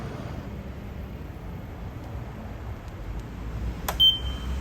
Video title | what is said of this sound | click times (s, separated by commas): Electric Frunk (Variant D) Installation Video - Tesla Model 3 (Highland) 2024+ - EVOffer | so you can see you can hear one click sound so so it's only half ledge so it's good | 3.9 s